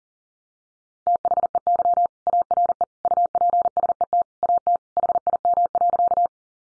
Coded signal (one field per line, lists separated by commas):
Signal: Morse code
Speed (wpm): 40 wpm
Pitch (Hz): 700 Hz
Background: none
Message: THEY ARE UPSET AT HIM.